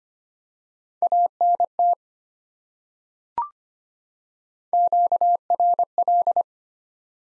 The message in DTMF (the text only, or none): none